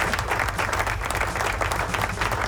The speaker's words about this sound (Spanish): volvimos aquí a los estudios de la nueva lechonera del rock. ¡Aplausos! ¿Dónde están los aplausos?